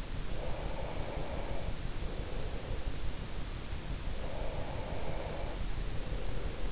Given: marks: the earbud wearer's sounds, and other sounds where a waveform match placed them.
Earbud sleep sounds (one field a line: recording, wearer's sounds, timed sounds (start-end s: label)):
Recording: sounds in sleep by an in-ear microphone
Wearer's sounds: breath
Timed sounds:
0.26-3.10 s: breath
4.11-6.72 s: breath